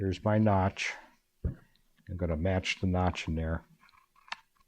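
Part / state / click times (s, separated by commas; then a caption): end cap onto clipper housing / seated / 4.3 s. Someone talks while lining up the notch on a plastic end cap with the notch in the clipper housing and pressing the cap on. A sharp snap at 4.3 s marks the end cap seating onto the clipper housing.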